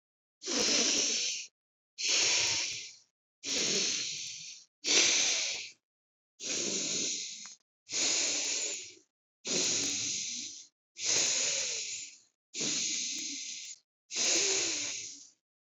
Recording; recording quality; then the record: deep breathing; excellent, no background noise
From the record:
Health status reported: COVID-19 positive, mild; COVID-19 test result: positive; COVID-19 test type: RT-PCR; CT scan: not taken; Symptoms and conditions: cough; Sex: female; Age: 29 years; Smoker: no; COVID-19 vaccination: both doses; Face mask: not worn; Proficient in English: yes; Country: India